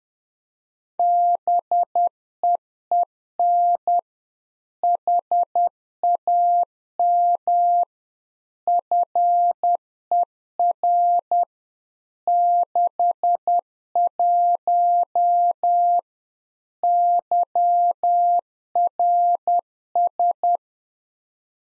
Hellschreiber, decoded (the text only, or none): none